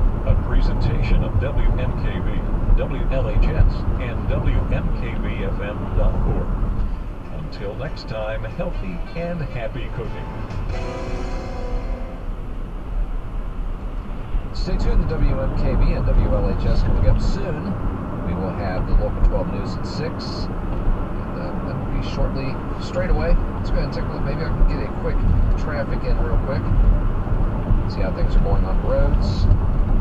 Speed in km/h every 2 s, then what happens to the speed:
63, 63, 63, 63, 63, 66, 69, 69, 71, 74, 74, 74, 74, 72, 69.
0-8 steady at about 63. 8-18 speeds up to 74. 18-24 steady at about 74.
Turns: none.